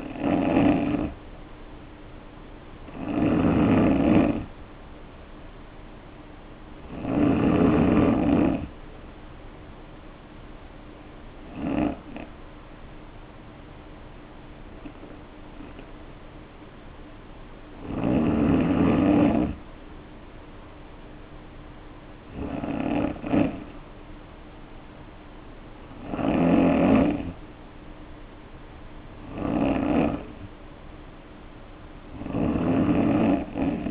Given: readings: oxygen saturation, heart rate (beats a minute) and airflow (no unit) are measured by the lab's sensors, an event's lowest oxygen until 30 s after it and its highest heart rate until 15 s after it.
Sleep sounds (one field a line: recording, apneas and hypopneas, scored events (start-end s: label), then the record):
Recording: breathing in sleep by a voice recorder at the bedside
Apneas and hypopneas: none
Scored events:
none scored
From the record:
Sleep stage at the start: N3 (deep sleep)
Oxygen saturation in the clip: 87 to 93%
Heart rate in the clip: 54 to 59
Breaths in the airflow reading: 9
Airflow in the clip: -4.0 to 3.3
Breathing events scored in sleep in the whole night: 520 in 7.2 hours asleep